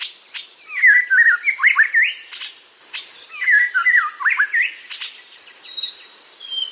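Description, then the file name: White-rumped shama song: two similar phrases of quick, looping whistled notes separated by a pause, with sharp clicks between them, over a constant high-pitched background hiss. "White Rumped Shama bird song"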